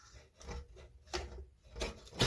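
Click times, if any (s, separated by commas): 2.2 s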